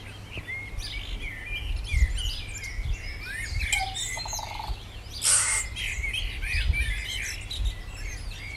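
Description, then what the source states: Birds singing in a busy chorus, many overlapping whistled and chirping phrases with a brief harsh squawk midway, over a low steady rumble. Morning.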